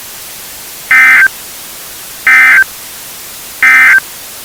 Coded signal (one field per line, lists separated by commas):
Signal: Emergency Alert System (SAME) tones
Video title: EAS Scenario: Climate Calamity